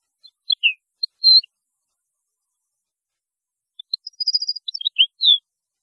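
European goldfinch song, two short bursts of tinkling, twittering notes high in pitch, separated by a silent pause.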